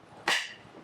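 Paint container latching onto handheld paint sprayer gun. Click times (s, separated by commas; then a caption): 0.3 s. A paint container's nozzle is inserted into a Wagner handheld paint sprayer gun, and the plastic latch underneath clicks sharply at 0.3 seconds, with a brief bright snap that fades quickly. The container is properly attached and the sprayer is ready.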